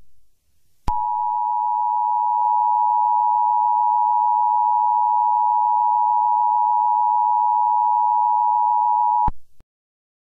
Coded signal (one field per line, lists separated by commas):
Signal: Emergency Alert System (SAME) tones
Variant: 853 and 960 Hz attention tone